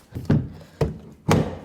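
The removable targa roof panel of a Corvette C8 has its plastic locating pieces lined up with the storage mounts in the rear trunk and is pressed down, giving soft thunks around 0.2–0.3 s and a sharp knock at 0.8 s. The loudest thunk-click comes at 1.3 s, when the panel seats into its mounts, locked and secure.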